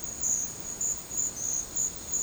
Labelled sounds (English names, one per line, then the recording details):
none
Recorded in dense forest near Puerto Asís, Putumayo, Colombia, on 13 March 2025 at 13:00
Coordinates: 0.500, -76.322
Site GP06